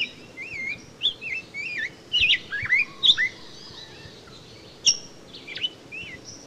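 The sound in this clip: Rose-breasted grosbeak singing a rich, robin-like string of looping whistled notes, a short pause, then a few more slurred phrases, over a steady low background hiss.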